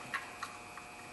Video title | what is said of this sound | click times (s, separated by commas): How to replace the valve cover gasket on a 2010 Ford Transit Van | and we'll hear a snap right back in where it belongs | 0.4 s